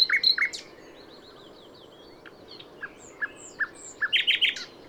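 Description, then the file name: Common nightingale phrases: a few loud chirps at first, then sparse soft separated notes ending in a short, quick burst of repeated notes. "Luscinia megarhynchos"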